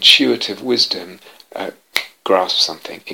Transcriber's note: snaps fingers